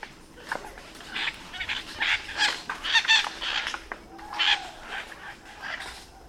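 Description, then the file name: Bird calls: a run of harsh, chattering bursts in quick succession over steady background noise. "SABIOD 50 bird 2015"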